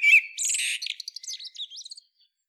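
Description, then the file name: Common blackbird song fragment: a brief fluted whistle, then a dense scratchy burst and a run of high, thin twittering notes that fade out. "Turdus merula"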